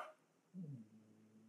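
One brief, low-pitched rumbling snort, about a third of a second long, rises out of a quiet room and fades into a faint low drone. It is the snoring of a dog asleep at the listener's feet.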